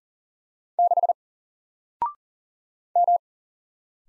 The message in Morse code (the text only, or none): 6 M